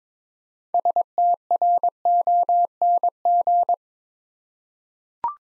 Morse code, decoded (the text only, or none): STRONG